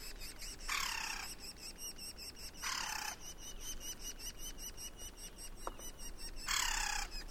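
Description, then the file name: Woodpecker giving three rasping, buzzy calls at uneven intervals, with one sharp tap, over a dense, rhythmic pulsing insect chorus. "050723-wkpkr"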